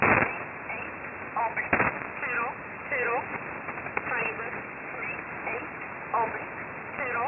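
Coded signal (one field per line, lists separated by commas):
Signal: numbers station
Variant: E11 Oblique, English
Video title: 14 06 2021 Number station E11 Oblique in English to Eu 0900 on 7449 unknown tx site in USB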